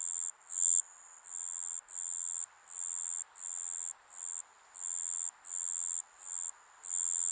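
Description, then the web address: Insects trilling in a high, steady buzz, broken into bursts of about half a second to a second with brief gaps, over a soft background hiss. Summer ambience recorded in Japan. "Sound Effects-Foundation 1 AMBIENCE JAPANESE SUMMER INSECTS"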